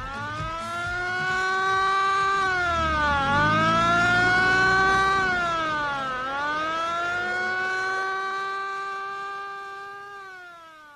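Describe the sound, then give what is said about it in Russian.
An ambulance siren wails in a steady, rising and falling tone with a few slow pitch dips, then gradually fades as it drives away. No one speaks. “Санитары уносят на носилках неподвижного бродягу. Скорая помощь удаляется.”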